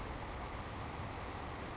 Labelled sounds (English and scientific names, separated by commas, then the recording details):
Savannah Sparrow (Passerculus sandwichensis)
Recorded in Sonoma County, California